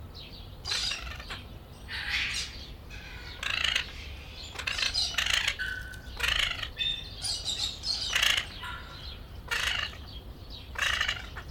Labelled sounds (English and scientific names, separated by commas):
Golden-collared Macaw (Primolius auricollis)